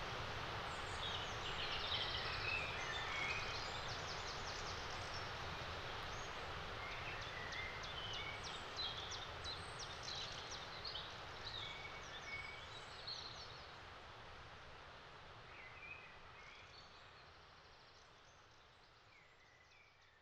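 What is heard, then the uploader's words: Wind moves through a wooded hillside ravine, a dense, steady rush filling the mids and highs. Bird chirps and short calls flicker above it throughout, most busily in the first half. The whole scene slowly fades quieter over the last several seconds. A forest ravine high in the Derbyshire hills. The soundview of this wide panoramic landscape changes with the wind.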